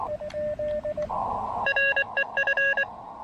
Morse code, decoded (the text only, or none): REF